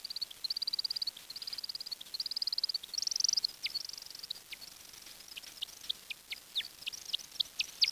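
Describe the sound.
Bird singing high, buzzy phrases that repeat in short bursts, shifting into rapid downward-sweeping notes in the second half.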